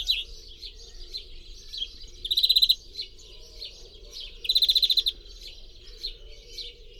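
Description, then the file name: European greenfinch giving two short, rapid ringing trills, with soft scattered chirps between. "Chloris chloris"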